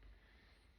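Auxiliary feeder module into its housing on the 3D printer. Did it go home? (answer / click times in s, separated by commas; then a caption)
no / none. The auxiliary feeder module of a Snapmaker U1 3D printer is lined up on its four grooves and slid back into its housing, giving a faint, steady low rumble with a brief brighter rise at the very end. The clip stops before the part goes home, so nothing has seated or clicked yet.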